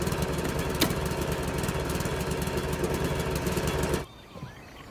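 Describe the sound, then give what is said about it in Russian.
A lawn mower engine, switched on by a man in dark blue work overalls and a cap, runs loud and steady with a rapid, rattling low throb and one sharp clank early on, then cuts out abruptly, leaving near silence for the last second. “Мужчина в темно-синем рабочем комбинезоне и кепке включает газонокосилку.”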